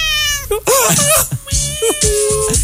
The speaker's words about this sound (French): J'aime le son du chat.